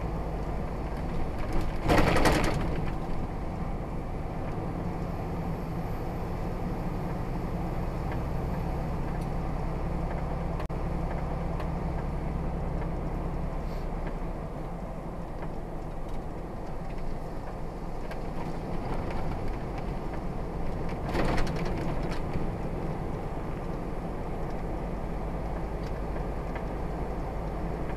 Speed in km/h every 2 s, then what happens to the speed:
35, 37, 40, 42, 42, 42, 40, 39, 37, 39, 40, 42, 42, 42.
0-6 speeds up to 42. 6-28 steady at about 42.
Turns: none.